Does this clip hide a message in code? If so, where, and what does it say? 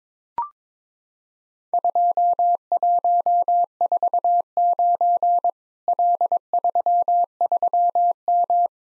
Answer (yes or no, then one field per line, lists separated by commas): yes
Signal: Morse code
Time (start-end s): 1.7-8.7 s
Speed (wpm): 22 wpm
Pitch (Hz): 700 Hz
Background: none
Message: 2149 L33M